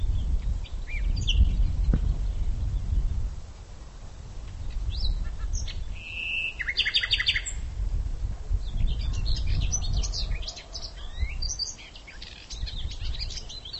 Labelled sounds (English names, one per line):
Common Nightingale song